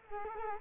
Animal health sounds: mosquito wingbeat signal from an infrared sensor; Culex quinquefasciatus

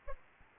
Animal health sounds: mosquito wingbeat signal from an infrared sensor; Aedes albopictus

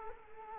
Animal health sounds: mosquito wingbeat signal from an infrared sensor; Culex quinquefasciatus

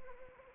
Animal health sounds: mosquito wingbeat signal from an infrared sensor; Anopheles arabiensis

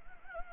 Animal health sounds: mosquito wingbeat signal from an infrared sensor; Anopheles gambiae

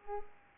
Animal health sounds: mosquito wingbeat signal from an infrared sensor; Culex pipiens

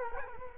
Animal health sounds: mosquito wingbeat signal from an infrared sensor; Culex quinquefasciatus

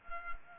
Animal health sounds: mosquito wingbeat signal from an infrared sensor; Culex pipiens

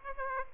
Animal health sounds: mosquito wingbeat signal from an infrared sensor; Aedes aegypti

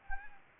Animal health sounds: mosquito wingbeat signal from an infrared sensor; Anopheles gambiae

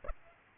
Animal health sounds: mosquito wingbeat signal from an infrared sensor; Aedes aegypti

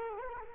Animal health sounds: mosquito wingbeat signal from an infrared sensor; Culex quinquefasciatus

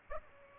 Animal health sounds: mosquito wingbeat signal from an infrared sensor; Aedes aegypti

